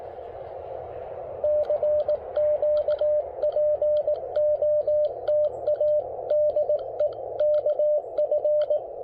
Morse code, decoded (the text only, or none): CQ POTA DE KF